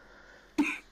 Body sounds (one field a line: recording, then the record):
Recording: coughing mixed with background sound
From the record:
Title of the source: 64 coughing, allergies, singing lungs